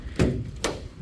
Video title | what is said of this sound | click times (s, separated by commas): Black Betty PROJECT TRUCK gets a Tonneau-Cover, Running Boards, and Rain Guards! | put it down locks in place this is your lever to release it right here | 0.6 s